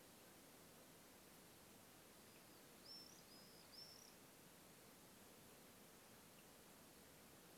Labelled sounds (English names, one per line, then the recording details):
Common Swift
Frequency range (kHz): Common Swift 4.1-6.5 kHz
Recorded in France